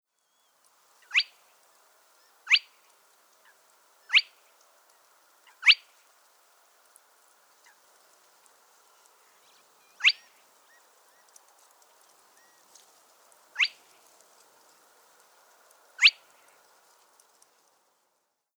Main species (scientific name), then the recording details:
Porzana porzana. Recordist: Frommolt, Karl-Heinz. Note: Revierrufe eines Männchens